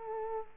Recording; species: mosquito wingbeat signal from an infrared sensor; Culex quinquefasciatus